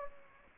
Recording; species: mosquito wingbeat signal from an infrared sensor; Aedes aegypti